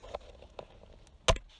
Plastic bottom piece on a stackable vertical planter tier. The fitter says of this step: or i can snap it right back off since